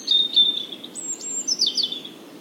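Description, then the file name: European robin giving one rapid, high, sparkling phrase of thin whistles and trills jumping between pitches, lasting about two seconds. "Erithacus rubecula"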